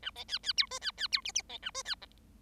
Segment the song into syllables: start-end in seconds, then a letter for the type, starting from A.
0.02-0.11 A, 0.15-0.24 B, 0.28-0.38 C, 0.43-0.53 C, 0.57-0.67 D, 0.70-0.79 E, 0.81-0.91 C, 0.97-1.07 C, 1.12-1.21 D, 1.24-1.32 F, 1.34-1.42 F, 1.49-1.57 B, 1.62-1.71 A, 1.74-1.82 E, 1.85-1.95 C, 2.01-2.06 G